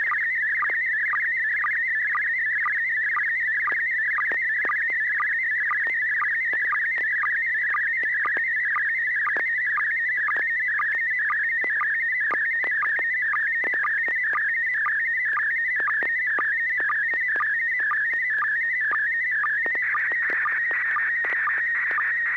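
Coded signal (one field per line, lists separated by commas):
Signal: SSTV (slow-scan television)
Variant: PD120 mode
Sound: continuous warbling tone shifting pitch rapidly, with regular short low chirps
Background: low hum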